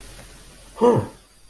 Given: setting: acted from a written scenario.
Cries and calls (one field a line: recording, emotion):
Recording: vocal sound without words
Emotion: interest